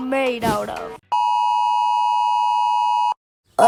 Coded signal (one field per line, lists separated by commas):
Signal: Emergency Alert System (SAME) tones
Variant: 853 and 960 Hz attention tone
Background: speech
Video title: Ranking EAS Alarm in Defrant contrys